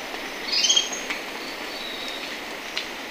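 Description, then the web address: Orange-bellied euphonia producing a brief high, slurred phrase of a few notes, followed by faint scattered ticks over a steady hissing background. Ecuador. "Natures Songs S America Birds of Ecuador Orange-bellied Euphonia"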